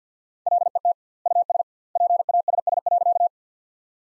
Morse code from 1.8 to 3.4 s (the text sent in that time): PASS.